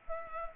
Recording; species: mosquito wingbeat signal from an infrared sensor; Culex pipiens